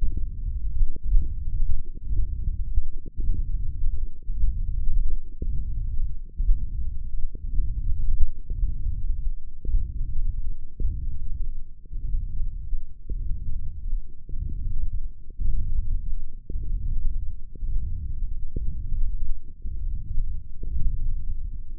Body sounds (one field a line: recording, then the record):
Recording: forearm muscle sounds (acoustic myography)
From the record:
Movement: hand opening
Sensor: system 1, eight BSWA MPA416 microphones around the upper forearm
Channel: 5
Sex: female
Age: 22 years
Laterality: right